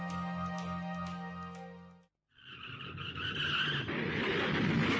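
A steady, droning car engine hum breaks off, then tires shriek in a loud, high squeal over rough rumbling noise before a sudden crunching car crash impact and continued clatter.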